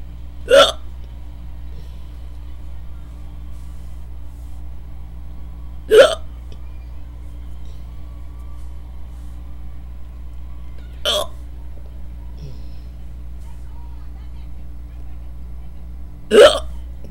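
Four sharp, abrupt induced hiccups from an adult, about five seconds apart, roughly 11 per minute, over a steady low background hum.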